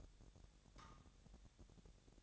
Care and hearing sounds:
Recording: daily activity, microphone in the room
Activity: take from stove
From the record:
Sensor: 3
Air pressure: 1012.0 hPa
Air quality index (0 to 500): 211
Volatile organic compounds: 4 ppm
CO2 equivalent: 1578 ppm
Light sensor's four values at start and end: 102/241/100/90 and 102/240/100/90

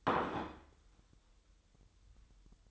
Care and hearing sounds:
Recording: daily activity, microphone in the room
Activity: place plate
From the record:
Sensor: 3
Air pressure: 988.6 hPa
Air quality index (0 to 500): 198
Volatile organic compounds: 336 ppm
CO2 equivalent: 4556 ppm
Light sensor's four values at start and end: 23/71/30/25 and 22/71/30/25

